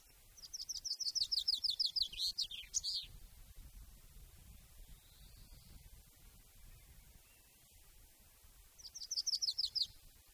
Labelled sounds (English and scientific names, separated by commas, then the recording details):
Common Chaffinch (Fringilla coelebs) song
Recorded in the wild
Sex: male
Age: adult
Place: Garmisch-Partenkirchen, Bayern, DE
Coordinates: 47.4964, 11.0903
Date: 1966-04-12
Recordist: Tretzel, Erwin
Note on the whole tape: Garmisch Partenkirchen, Kurgarten. Männchen: Gesang